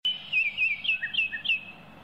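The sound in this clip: Bird giving a string of bright whistled chirps, some dipping lower, over a low steady background hum.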